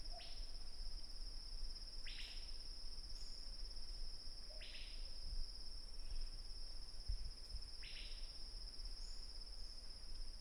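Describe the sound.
Bird chirping, four short descending chirps spaced a few seconds apart, set against a continuous high-pitched insect trill.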